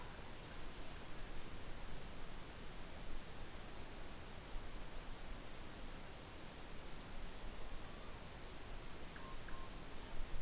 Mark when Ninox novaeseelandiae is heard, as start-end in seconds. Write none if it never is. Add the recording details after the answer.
none. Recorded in New Zealand on 12 November 2013. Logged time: 02:19. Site Ponui